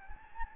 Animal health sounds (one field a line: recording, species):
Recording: mosquito wingbeat signal from an infrared sensor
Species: Anopheles gambiae